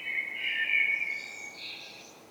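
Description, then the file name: Common blackbird song phrase: a rich, flute-like warble that breaks into a higher, squeaky twittering flourish at the end. "Turdus merula"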